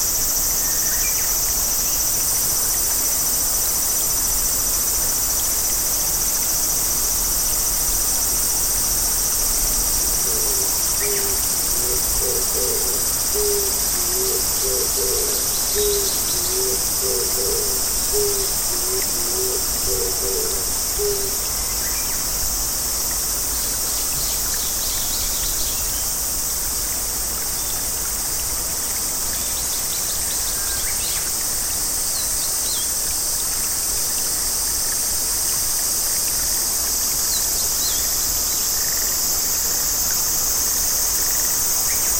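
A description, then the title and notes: Summer cicadas drone in a dense, unbroken high-pitched hiss that holds steady for the whole stretch. From about ten to twenty seconds a low, pulsing series of hoots, owl-like, sounds beneath the buzz, then fades, leaving only the constant insect chorus. SUMMER CICADAS. Japanese Garden.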